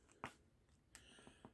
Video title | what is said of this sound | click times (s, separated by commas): House of Matriarch Unboxing and First Impressions | these samples don't click into place i'm not far oh yes they do sorry | 0.2 s, 0.9 s